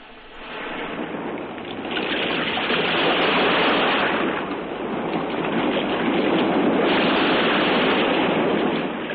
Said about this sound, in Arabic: آثر وسام أن يكون صوت الموج هو البطل